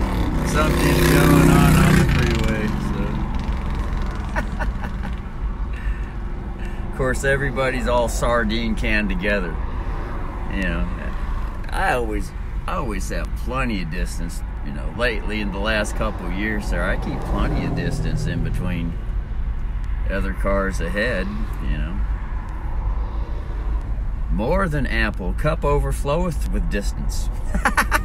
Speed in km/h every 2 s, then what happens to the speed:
7, 6, 6, 6, 6, 6, 6, 6, 7, 7, 7, 7, 7, 7.
0-28 steady at about 6.